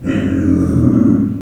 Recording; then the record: squeal of a Yucatan mini pig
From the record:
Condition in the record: after surgery on the right vocal fold (resection and tissue-engineered implant); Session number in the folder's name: 6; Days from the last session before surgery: 40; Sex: female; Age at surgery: 19 weeks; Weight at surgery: 25 kg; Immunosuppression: prednisolone